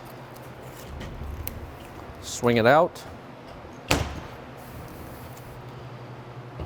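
A metal swing-out railing gate on an RV toy hauler party deck is undone from its travel strap and swung out toward its locking foot while someone talks. There are faint, steady background noise, a brief sharp sound at 1.5 s, and a louder sharp knock at 3.9 s. The gate has not yet seated or locked into place.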